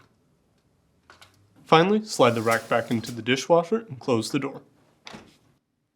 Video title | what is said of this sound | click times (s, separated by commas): How to replace Adjuster Housing (Left) part # WPW10588164 on your Whirlpool Dishwasher | Then, press firmly on the bottom of the cover to snap into place. | 1.1 s